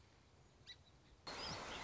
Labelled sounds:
Song Sparrow
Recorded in Sonoma County, California

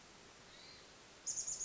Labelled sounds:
Chestnut-backed Chickadee
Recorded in Sonoma County, California

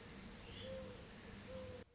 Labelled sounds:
Mourning Dove
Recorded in Sonoma County, California

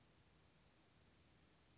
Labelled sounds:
Western Flycatcher
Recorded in Sonoma County, California

